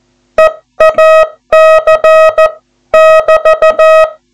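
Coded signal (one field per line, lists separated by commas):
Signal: Morse code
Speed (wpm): 14 wpm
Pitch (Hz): 640 Hz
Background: music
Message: EAC<BT>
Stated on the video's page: Radiotelegraph alarm, distress, urgency and safety signals as formerly used on 500 kHz, shown as a demonstration.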